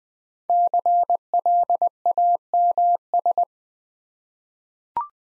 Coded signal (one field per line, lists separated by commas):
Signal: Morse code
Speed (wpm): 21 wpm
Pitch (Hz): 700 Hz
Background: none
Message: CLAMS